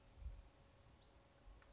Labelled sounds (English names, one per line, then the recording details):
Western Flycatcher
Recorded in Sonoma County, California